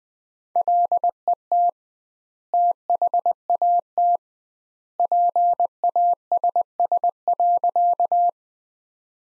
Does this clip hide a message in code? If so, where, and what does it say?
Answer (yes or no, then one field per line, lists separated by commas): yes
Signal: Morse code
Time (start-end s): 0.6-8.3 s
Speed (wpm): 21 wpm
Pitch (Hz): 700 Hz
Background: none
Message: LET THAT PASS.